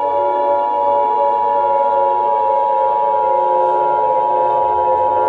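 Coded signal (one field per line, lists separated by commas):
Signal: Emergency Alert System (SAME) tones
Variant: 853 and 960 Hz attention tone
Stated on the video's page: Fictional EAS scenario, not a real alert.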